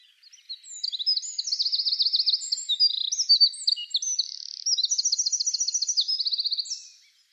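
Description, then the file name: Eurasian wren pours out a long, shrill song of rapid trills and sharp twitters for about seven seconds before ending. "Troglodytes troglodytes"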